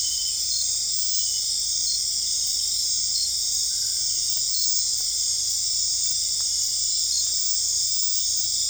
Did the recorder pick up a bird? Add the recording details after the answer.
no. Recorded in dense forest near Puerto Asís, Putumayo, Colombia, on 21 December 2024 at 19:30. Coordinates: 0.485, -76.318. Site GP03